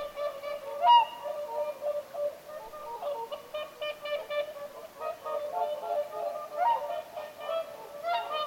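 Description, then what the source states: Whooper swans calling in chorus, a continuous mix of hoarse, bugling honks with occasional louder notes standing out. Several whooper swans calling at Lintulahti, 6 November 2025.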